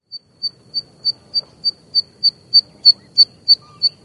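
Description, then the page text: Zitting cisticola giving a fast, even series of high, clipped 'tsip' notes, roughly three per second, growing slightly louder toward the end. Japanese subspecies brunniceps, recorded in Japan; call a single 'di' note, sometimes given continuously. "棕扇尾鶯. Teruo Furushima, Wild Bird Songs in Japan, 日本"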